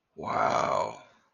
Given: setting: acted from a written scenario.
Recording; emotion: vocal sound without words; awe